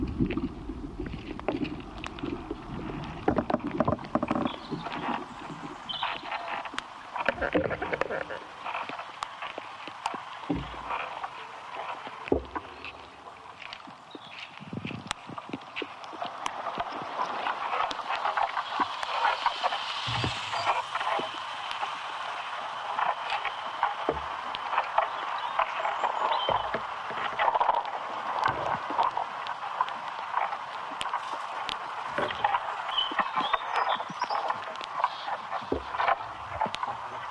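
Sounds from inside an ash tree, a dense, continuous crackling and rustling texture. Sharp ticks and clicks pop through it at irregular moments. Early on there is more low rumble, and after about fifteen seconds the texture shifts brighter and busier, with a steady hiss.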